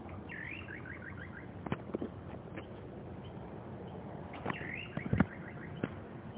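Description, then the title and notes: Little nightjar song, two phrases each opening with an upswept note and running into a fast burbling series of short notes, with scattered sharp knocks and clicks in between. Song; identified by Daniela Acosta in Luján. "Canto de un Atajacaminos chico (Caprimulgus parvulus) Identificado por Daniela Acosta en Luján"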